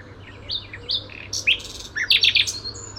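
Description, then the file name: Common nightingale giving a short phrase of whistles and quick chirps, building to loud harsh notes; faint low hum behind. "Luscinia megarhynchos"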